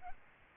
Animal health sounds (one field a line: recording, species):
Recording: mosquito wingbeat signal from an infrared sensor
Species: Aedes albopictus